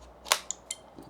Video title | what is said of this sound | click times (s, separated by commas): My Nintendo Switch 2 Haul & Review After One Week! | Um, click right in. | 0.3 s